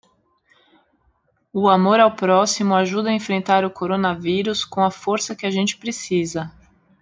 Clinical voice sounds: spoken sentence; Brazilian Portuguese; female; 40 to 49 years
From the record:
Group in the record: control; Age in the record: 41 years

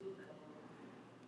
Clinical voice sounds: spoken sentence; Brazilian Portuguese; female; 50 to 59 years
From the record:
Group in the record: control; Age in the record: 56 years

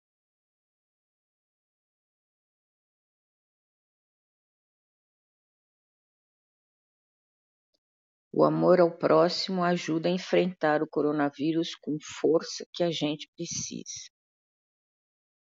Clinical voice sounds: spoken sentence; Brazilian Portuguese; female; 70 to 79 years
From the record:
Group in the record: control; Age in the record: 70 years

